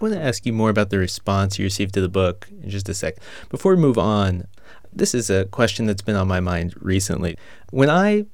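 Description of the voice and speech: A man speaks in a low-pitched, steady conversational voice, with smooth phrasing and only brief natural pauses between phrases. There are no repetitions, blocks or prolonged sounds: this is ordinary fluent adult speech in a quiet room.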